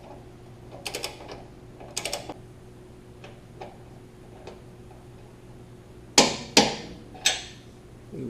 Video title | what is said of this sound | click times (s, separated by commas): Step Bar Install Toyota 4Runner | once you hear that click you hit your torque | 6.2 s, 6.6 s